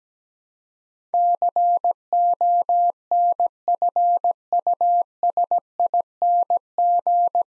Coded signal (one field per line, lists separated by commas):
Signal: Morse code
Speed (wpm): 17 wpm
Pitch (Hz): 700 Hz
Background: none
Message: CONFUSING